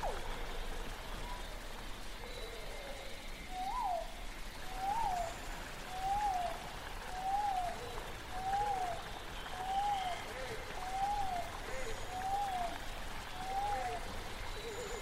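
A prehistoric forest scene: a steady, soft wash of noise fills the background while, from about four seconds in, a single mid-pitched call repeats roughly every second and a half. Each call is a short rising-then-falling whoop, nine in a row, evenly spaced.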